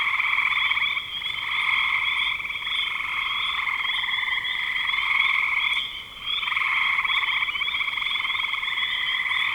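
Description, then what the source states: Frogs trilling together in a continuous chorus, the rattling calls dipping briefly near one and six seconds before resuming at full strength. Recorded in spring 2025.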